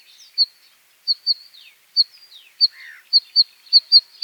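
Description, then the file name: Bluethroat song: sharp, high, clipped notes at uneven intervals, mixed with a few falling slurs and one lower buzzy note. "varakushka"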